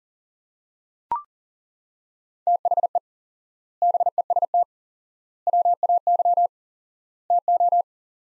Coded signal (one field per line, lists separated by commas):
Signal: Morse code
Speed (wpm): 40 wpm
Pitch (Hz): 700 Hz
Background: none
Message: THE BEST WAY TO